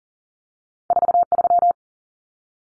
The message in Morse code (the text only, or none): 43